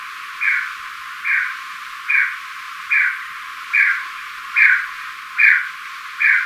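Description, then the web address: Tawny-breasted tinamou giving evenly spaced, short downslurred notes, about one per second, repeated eight times over a faint hiss. Ecuador. "Birds of Ecuador. Tawny-Breasted Tinamou"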